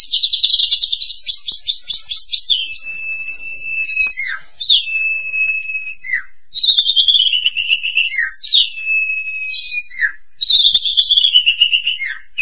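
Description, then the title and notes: Starling song: whistled slurred phrases and rapid chattering trills, with long descending and level whistles repeated in bursts every few seconds. "suara burung jalak"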